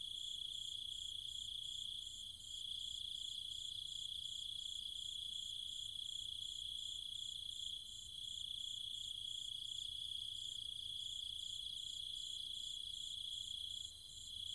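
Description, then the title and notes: Cicadas droning without a break, a bright shrill tone under rapid rhythmic pulsing higher up, with short dips in loudness every few seconds. Night chorus of cicadas and other insects in trees and fields in the countryside around Chiang Mai, Thailand. "Cicada countryside, Thailand. Nighttime sounds of the cicadas and insects in the trees and fields, Chiang Mai, Thailand. Recorded by Alex Boyesen"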